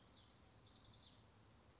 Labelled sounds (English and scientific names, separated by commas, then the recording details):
House Wren (Troglodytes aedon)
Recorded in Sonoma County, California